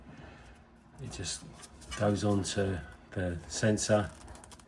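A plastic brake wear sensor connector is handled and guided onto its sensor during a front brake disc and pad change on a Porsche 911 991.2 while someone talks. A few faint handling ticks are heard near the end. The connector has not been pushed home, and nothing has seated or clicked yet.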